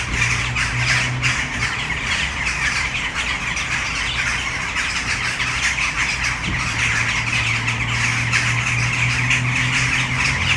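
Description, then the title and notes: Western jackdaws calling as a dense flock, a constant chatter of short sharp notes. A tree full of jackdaws in Brno city centre, Czech Republic, recorded at sunset. "Malinovského nám. 571/1, 602 00 Brno-střed-Brno-město, Česko - Western jackdaws at sunset. A tree full of jackdaws in the city center of Brno"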